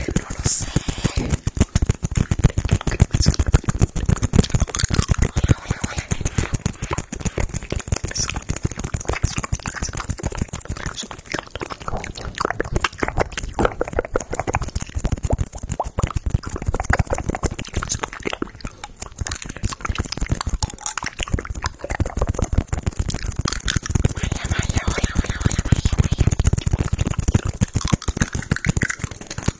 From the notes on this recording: Mouth Sounds